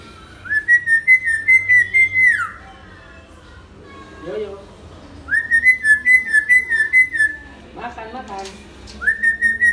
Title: Suara Burung Beo Gacor Cocok Untuk Masteran